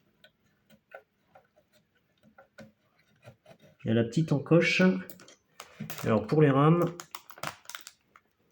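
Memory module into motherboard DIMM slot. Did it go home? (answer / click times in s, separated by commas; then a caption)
no / none. A DDR4 memory stick is handled beside a motherboard DIMM slot, with soft scattered ticks and taps and a few sharp clicks near 5.6 and 7.5–7.9 seconds, while someone talks in the middle of the clip. The stick has not yet been pushed into the slot, and nothing has seated or clicked yet.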